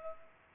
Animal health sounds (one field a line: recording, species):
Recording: mosquito wingbeat signal from an infrared sensor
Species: Culex pipiens